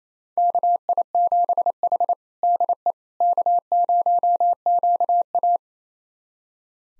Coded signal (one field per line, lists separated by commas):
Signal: Morse code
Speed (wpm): 28 wpm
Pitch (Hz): 700 Hz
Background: none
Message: KI7H DE K0QA